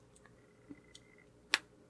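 A swappable plastic part is pushed into an action figure, with a few faint ticks and small clicks from handling along the way. At 1.5 s a sharp, loud snap rings out as the part seats fully home.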